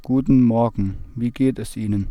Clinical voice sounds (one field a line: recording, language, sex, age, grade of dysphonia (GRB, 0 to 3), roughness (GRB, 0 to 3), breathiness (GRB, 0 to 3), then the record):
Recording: spoken sentence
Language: German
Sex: male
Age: 30 to 39 years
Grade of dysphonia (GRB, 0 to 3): 1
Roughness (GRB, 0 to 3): 1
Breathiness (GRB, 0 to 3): 0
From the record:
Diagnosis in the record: healthy voice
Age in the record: 30 years